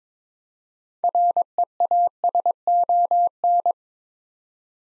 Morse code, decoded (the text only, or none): REASON